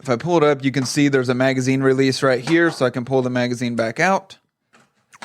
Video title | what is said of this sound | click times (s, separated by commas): WAL Live! A Primer on AR-15s | slide it back in, it snaps into place, so it's not going to go anywhere while you're loading. | 5.2 s